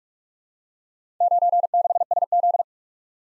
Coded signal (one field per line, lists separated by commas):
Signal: Morse code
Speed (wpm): 44 wpm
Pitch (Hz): 700 Hz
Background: none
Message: 96SZ